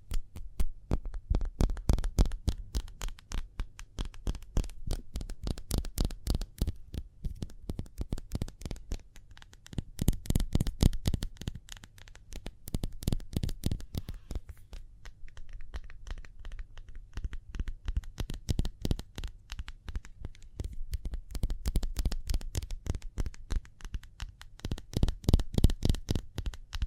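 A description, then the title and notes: Speedy hand sounds: rapid, dense clicks and rubs, like fingers tapping and shuffling, packed tightly together throughout. Bursts swell and thin out in waves every few seconds, with a steady low hum underneath. ASMR Speedy Hand Sounds (No Talking).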